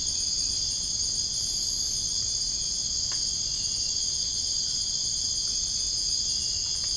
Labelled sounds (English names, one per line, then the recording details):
none
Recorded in dense forest near Puerto Asís, Putumayo, Colombia, on 23 June 2025 at 02:00
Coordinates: 0.481, -76.323
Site G072